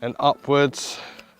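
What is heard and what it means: Someone talks while handling the carbon fibre center column of a Vanguard Alta Pro 2+ 263CGHT tripod, which is being brought back toward its vertical position in its locking collar. A faint hiss and a brief small tick near 1.2 s follow the talk. Nothing has seated or clicked yet.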